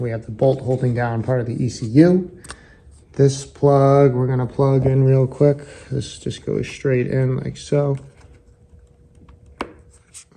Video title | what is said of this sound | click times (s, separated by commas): How to install IRC quick shifter auto blipper on a s1000rr hp4 | Almost hear a little click with that. | 9.6 s